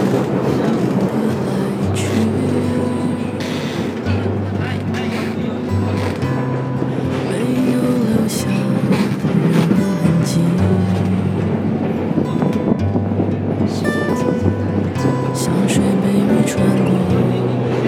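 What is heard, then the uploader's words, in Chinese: A Beijing subway train runs through a Line 2 section with a steady, dense low rumble and a droning hum that shifts pitch every few seconds. Faint voices and occasional clicks and rattles sit in the background throughout. 地下铁。杂音-北京地铁2号线-长椿街路段。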